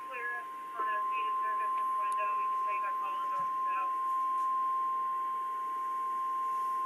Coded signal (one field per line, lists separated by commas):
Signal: Emergency Alert System (SAME) tones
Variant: 1050 Hz attention tone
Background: speech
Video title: EAS Compilation + Siren Activation | 3/15/2026